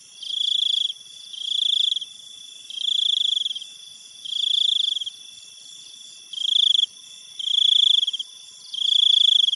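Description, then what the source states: Insects calling: loud pulsed trills in bursts under a second long, repeating at somewhat irregular intervals, over steady high-pitched insect drones. Insects in a Thailand jungle at night, recorded close up and distant.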